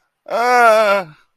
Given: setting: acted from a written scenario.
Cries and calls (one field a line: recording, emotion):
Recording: vocal sound without words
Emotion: fear